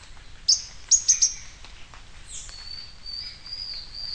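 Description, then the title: Bird song: a few sharp, very high chirps followed by a long, thin, steady whistle that wavers slightly, with faint background hiss. "LuckyPassaro Completos2Sama"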